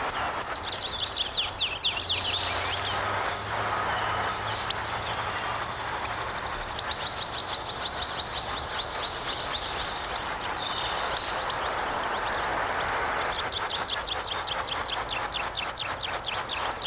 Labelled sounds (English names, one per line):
Yellowhammer